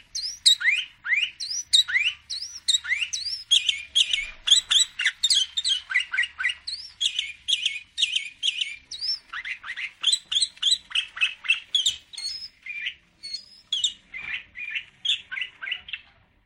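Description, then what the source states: Sooty-headed bulbul singing energetically, a steady string of many loud, bubbly whistled phrases. Singing vigorously (gacor).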